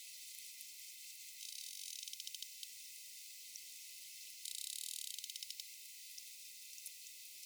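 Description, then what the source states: Sperm whale clicks in two short rapid bursts, each followed by a series of sharp ticks, over steady high hiss. Rapid clicks and coda.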